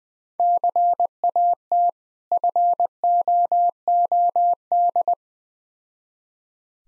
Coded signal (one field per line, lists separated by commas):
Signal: Morse code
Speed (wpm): 20 wpm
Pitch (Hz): 700 Hz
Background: none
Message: CAT FOOD